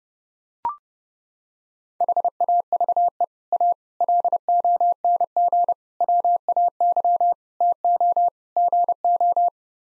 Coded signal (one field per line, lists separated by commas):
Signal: Morse code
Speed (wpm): 30 wpm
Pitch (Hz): 700 Hz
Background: none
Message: HAVE A LONG WAY TO GO